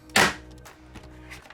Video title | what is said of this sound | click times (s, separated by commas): Play Station 4 PS4 Top Cover Bottom Cover Replacement - Repair Tutorial | you hear a few clicks like that there we go | 0.2 s, 1.0 s, 1.5 s